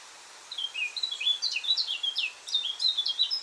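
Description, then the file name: Eurasian blackcap song: a rapid run of varied whistled notes, a brief pause, then another hurried warbling phrase. "Sylvia atricapilla"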